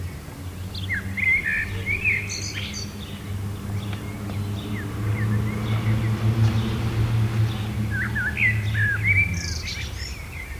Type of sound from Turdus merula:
song